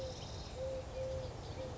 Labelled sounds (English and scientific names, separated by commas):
Eurasian Collared Dove (Streptopelia decaocto)